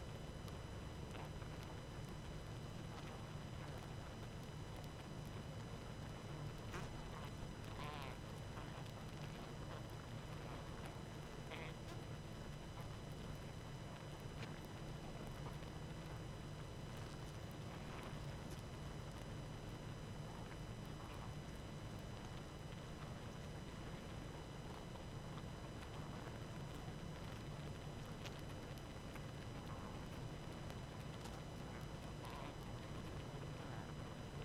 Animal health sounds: honeybee colony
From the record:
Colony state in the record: active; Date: 12 June 2018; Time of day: 19:18

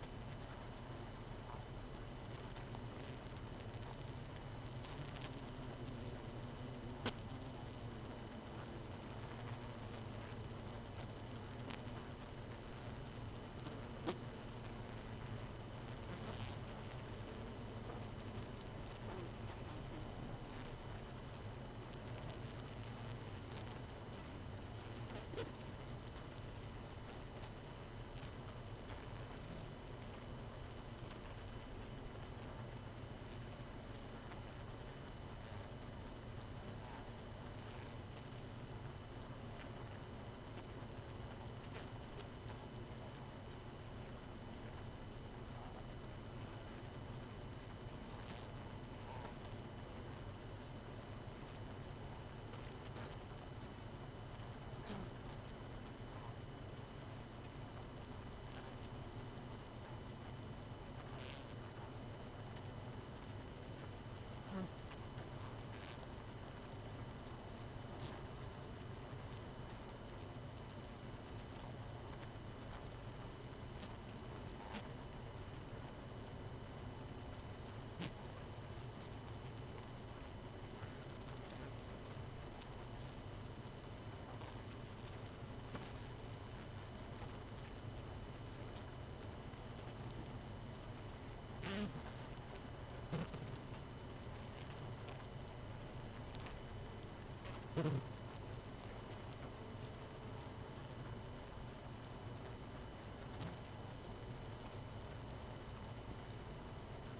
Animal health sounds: honeybee colony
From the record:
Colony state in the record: missing queen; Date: 31 May 2018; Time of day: 22:01

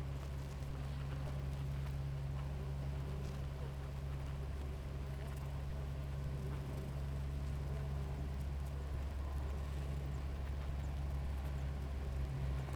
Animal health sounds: honeybee colony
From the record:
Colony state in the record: active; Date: 28 July 2017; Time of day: 6:21

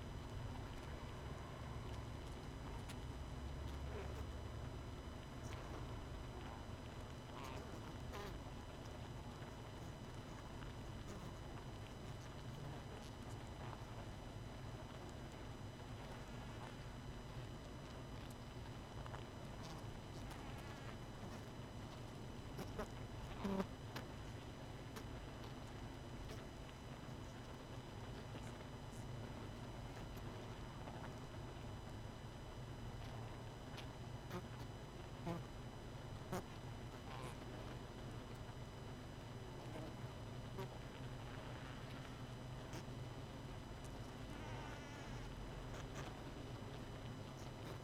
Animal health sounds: honeybee colony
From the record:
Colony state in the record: missing queen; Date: 31 May 2018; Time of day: 20:37

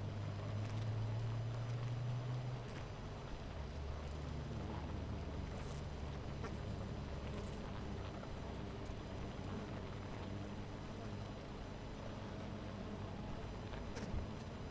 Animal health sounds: honeybee colony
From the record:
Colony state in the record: missing queen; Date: 14 July 2017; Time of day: 10:02

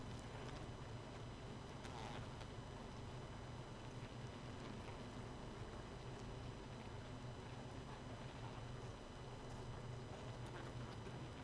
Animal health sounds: honeybee colony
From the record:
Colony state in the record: missing queen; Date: 31 May 2018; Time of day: 0:10

